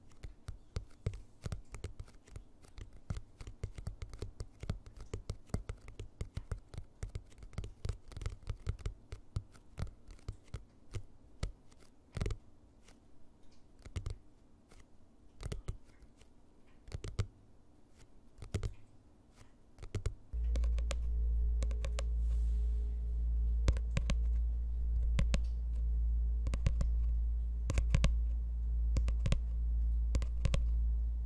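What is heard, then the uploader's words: Fingernails and finger pads tap on objects in quick, irregular bursts, sharp clicks mixed with duller knocks at shifting speeds. Around twenty seconds a loud, steady low hum starts and continues to the end while the tapping carries on over it. ASMR tapping on different objects at varied speeds. Soft and hard tapping with nails and finger pads.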